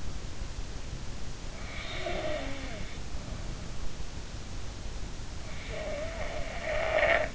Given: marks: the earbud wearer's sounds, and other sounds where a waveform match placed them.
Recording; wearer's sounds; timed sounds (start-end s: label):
sounds in sleep by an in-ear microphone; snoring breath
1.83-2.84 s: snoring breath
5.50-7.35 s: snoring breath